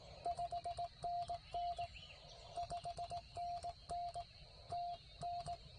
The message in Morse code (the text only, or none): 5NN 5NN TN